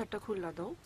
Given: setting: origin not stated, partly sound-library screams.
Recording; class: one-second piece from a danger detection set; normal situation